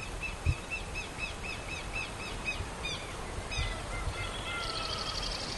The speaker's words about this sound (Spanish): El chateo de los pájaros, la artrosis de las ramas del chañar.